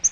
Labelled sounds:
Yellow-rumped Warbler flight call

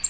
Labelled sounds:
American Redstart flight call

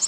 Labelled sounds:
Nashville Warbler flight call

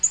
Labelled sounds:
Black-throated Green Warbler flight call

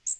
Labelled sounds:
Magnolia Warbler flight call

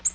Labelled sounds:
Ovenbird flight call

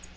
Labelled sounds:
Black-throated Green Warbler flight call

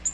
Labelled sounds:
Black-throated Green Warbler flight call

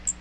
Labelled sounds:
Magnolia Warbler flight call

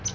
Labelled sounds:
Palm Warbler flight call

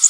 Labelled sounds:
Blackburnian Warbler flight call

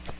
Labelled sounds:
Magnolia Warbler flight call

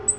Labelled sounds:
Black-throated Green Warbler flight call

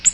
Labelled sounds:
Ovenbird flight call

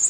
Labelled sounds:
Prothonotary Warbler flight call

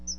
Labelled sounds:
Chestnut-sided Warbler flight call

